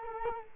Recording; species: mosquito wingbeat signal from an infrared sensor; Culex quinquefasciatus